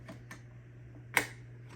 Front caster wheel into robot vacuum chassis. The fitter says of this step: so that just pops right in